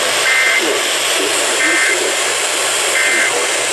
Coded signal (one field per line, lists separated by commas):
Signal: Emergency Alert System (SAME) tones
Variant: end-of-message bursts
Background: speech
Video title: T'was The Night Before Destructive Storms… EAS Alerts from 6/26-27/24 (EAS 12100-12161)